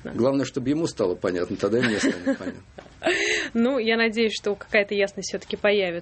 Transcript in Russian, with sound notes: Главное, чтобы ему стало понятно. Тогда и мне станет понятно. (смеется)
Ну, я надеюсь, что какая-то ясность, все-таки, появится.